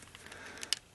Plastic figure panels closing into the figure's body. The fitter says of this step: locks into place again